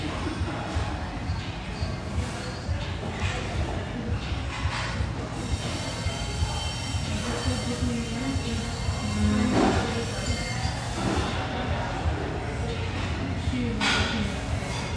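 A café hums with a steady, dense murmur of overlapping voices over a low, continuous rumble. Brief clinks and clatters of dishes or cutlery cut through every few seconds, with a louder burst of chatter around the ninth and tenth seconds.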